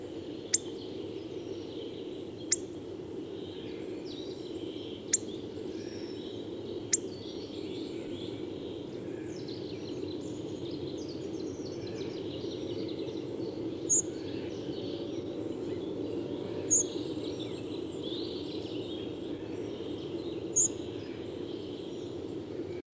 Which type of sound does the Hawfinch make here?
call